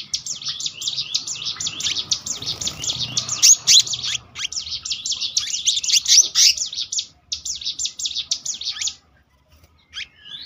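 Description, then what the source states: Selendang biru song, a dense, almost unbroken stream of rapid high chirps and trills that rolls on for about nine seconds before stopping, with a few final notes. Continuous rolling song style called gacor ngeroll, with isian.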